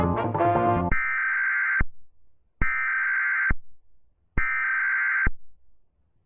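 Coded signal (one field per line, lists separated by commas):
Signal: Emergency Alert System (SAME) tones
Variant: header bursts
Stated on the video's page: Fictional EAS scenario story, a simulated alert.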